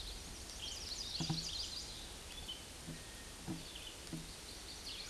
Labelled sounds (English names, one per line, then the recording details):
Hooded Warbler song
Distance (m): 15 m
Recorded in a Pennsylvania forest on 18 May 2023 at 09:25
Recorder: AudioMoth, point grid1_12_low
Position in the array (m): 191 m, 122 m